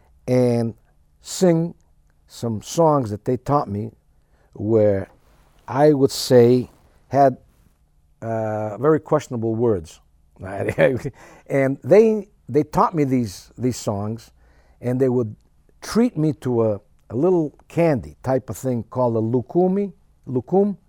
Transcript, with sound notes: and sing some songs that they taught me where, I would say, had very questionable words. ( he laughs ) And they, they taught me these - these songs, and they would treat me to a little candy type of thing called a lukumi -- lukum.